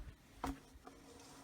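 A plastic intake housing on a Mercedes M112 V6 / M113 V8 is hooked in at the top and rotated down onto the reinstalled throttle body after cleaning. A sharp snap at 0.4 s is its bottom clip seating into place, followed by a fainter tick near 0.9 s, while someone talks. The clip is confirmed seated.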